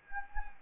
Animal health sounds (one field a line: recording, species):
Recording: mosquito wingbeat signal from an infrared sensor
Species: Anopheles gambiae